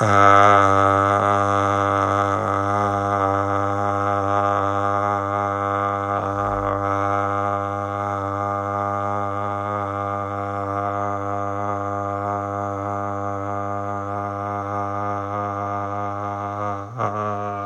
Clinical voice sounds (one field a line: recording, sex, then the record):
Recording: sustained vowel /a/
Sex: male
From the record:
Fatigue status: fatigue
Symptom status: symptomatic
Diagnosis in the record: COVID-19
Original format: m4a